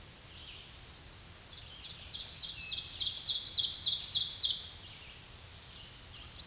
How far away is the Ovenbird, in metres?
about 5 m